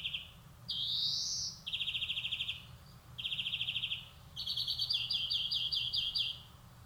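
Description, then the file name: European greenfinch song: a rising wheeze followed by rapid rattling trills and a faster twittering run, phrases running almost continuously. "Chloris chloris"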